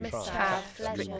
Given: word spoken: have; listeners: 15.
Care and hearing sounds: one English word in noise, from a listening test; four-talker babble; 0.7 dB; 0 of 15; 6 of 15; 0.80 s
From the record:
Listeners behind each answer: 6, 2, 1, 1, 1, 1, 1, 1, 1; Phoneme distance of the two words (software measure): 44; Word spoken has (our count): 1 syllable, 3 phonemes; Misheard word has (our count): 2 syllables, 5 phonemes, stress on syllable 1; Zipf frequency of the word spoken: 6.90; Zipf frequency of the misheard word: 3.66

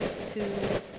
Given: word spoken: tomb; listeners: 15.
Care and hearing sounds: one English word in noise, from a listening test; noise modulated by three-talker babble; -4.0 dB; 1 of 15; 6 of 15; 0.59 s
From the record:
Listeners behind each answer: 6, 3, 2, 1, 1, 1, 1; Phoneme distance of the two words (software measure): 7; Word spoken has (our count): 1 syllable, 3 phonemes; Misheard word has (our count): 1 syllable, 2 phonemes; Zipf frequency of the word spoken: 3.69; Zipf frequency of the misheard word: 5.93

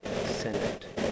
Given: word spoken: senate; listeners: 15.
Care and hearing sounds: one English word in noise, from a listening test; noise modulated by three-talker babble; -5.2 dB; 1 of 15; 11 of 15; 0.72 s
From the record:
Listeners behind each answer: 11, 1, 1, 1, 1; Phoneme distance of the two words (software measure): 7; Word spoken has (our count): 2 syllables, 5 phonemes, stress on syllable 1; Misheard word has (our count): 1 syllable, 4 phonemes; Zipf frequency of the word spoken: 3.58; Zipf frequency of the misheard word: 4.03

